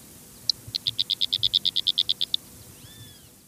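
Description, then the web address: Fork-tailed flycatcher calls: a quick run of about fifteen sharp, high ticking notes in under two seconds, then a faint slurred whistle, over low rumble. Calls and song recorded in the Eastern Lowlands of South America. "Natures Songs S America Eastern Lowlands. Tyrannus savana, calls and song"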